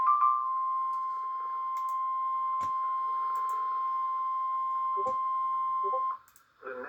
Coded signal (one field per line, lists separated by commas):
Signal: Emergency Alert System (SAME) tones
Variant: 1050 Hz attention tone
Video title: EAS#248 Severe Thunderstorm Warning on WXM49 in Marion, IL (02/22/2023).